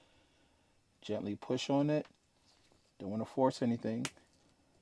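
During an iPad 6th Generation screen replacement, the digitizer flex cable connector is gently pressed toward its logic board socket while someone talks. Nothing has seated or clicked yet by the end of the clip.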